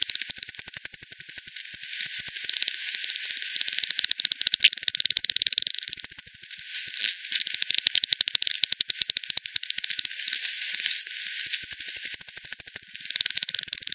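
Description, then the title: Bat echolocation pulses form a continuous, rattling chatter of fast clicks from several sources, varying gently in loudness throughout. Multiple bats at Hogsmill River, Hogsmill Lane, 7 October 2020 at 18:10; recording frequency-divided (FD10), band-pass filtered and resampled. "WW bat 20201007 T 18 : 10 Z-Hogsmill-Lane-Hogsmill-River-multiple-bats"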